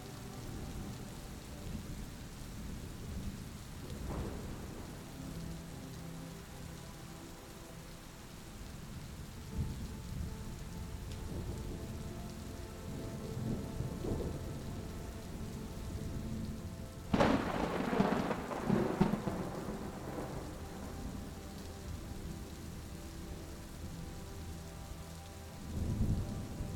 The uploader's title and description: Soft Rumbling of the STORM, Harmonized with MUSIC. The soothing rumble of the storm blends harmoniously with soft melodies